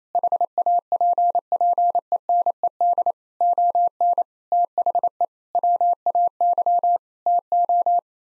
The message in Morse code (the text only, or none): HAPPENED ON THE WAY TO